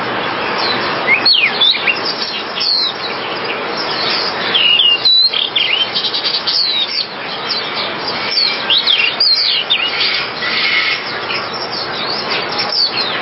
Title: kicau gelatik